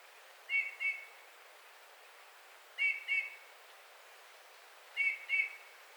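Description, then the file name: Eurasian bullfinch giving soft, piping whistled calls in closely spaced pairs, three pairs about two seconds apart, over a quiet hiss. "Pyrrhula pyrrhula"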